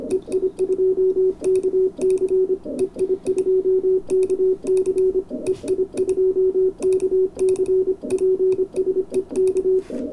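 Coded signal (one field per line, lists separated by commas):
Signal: Morse code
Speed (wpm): 25 wpm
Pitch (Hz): 380 Hz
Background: none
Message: EI2KC EI2KC EI2KC PSEK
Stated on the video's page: Sent on a homemade hacksaw blade Morse paddle, Mark II, during live QSOs.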